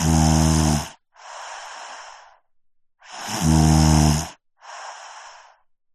Human child boy 5 years snoring close up.